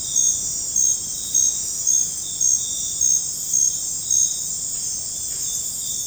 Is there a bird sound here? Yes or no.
no